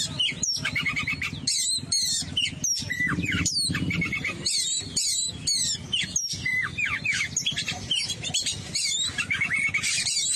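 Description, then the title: Oriental magpie-robin pouring out varied song: sliding whistles, squeaky downslurs and scratchy notes in quick phrases, with short gaps between them. "Kacer"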